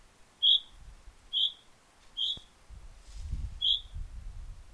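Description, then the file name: Common chaffinch calls: four short, high, clear notes spaced about a second apart, with a sharp click and low rumbling background noise partway through. "Fringilla coelebs"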